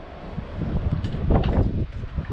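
A glass balustrade panel on the cockpit of a Sunseeker 88, a £5.6m transformer yacht, is swung around into position toward its locking mount. Only low rumbling movement and wind noise are heard, swelling slightly in the middle, with no sharp sounds. Nothing has locked or clicked into place yet.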